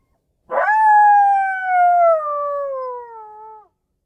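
Coyote giving one long howl of about three seconds, a steady tone that sags slowly lower across its length and ends abruptly, with silence before and after.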